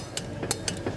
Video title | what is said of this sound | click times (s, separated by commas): UNDER CHASIS | Move to the next one, that click. | 0.2 s, 0.5 s, 0.7 s